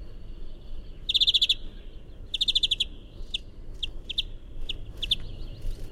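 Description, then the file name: European greenfinch gives two fast metallic trills followed by scattered short chirps, over a low continuous rumble. "chant verdier"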